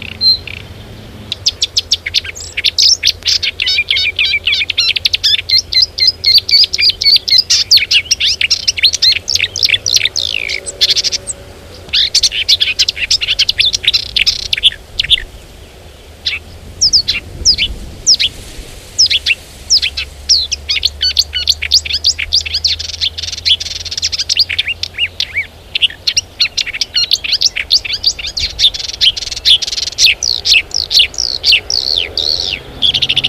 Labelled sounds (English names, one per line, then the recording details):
Marsh Warbler
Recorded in the wild
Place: Clausthal-Zellerfeld, Oberharz, Niedersachsen, DE
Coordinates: 51.78, 10.33
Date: 1985-06-11
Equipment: Sony WM-D6C, Big Ear
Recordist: Skiba, Reinald